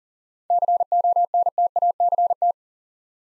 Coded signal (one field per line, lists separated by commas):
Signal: Morse code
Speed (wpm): 39 wpm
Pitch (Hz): 700 Hz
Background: none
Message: CONTACT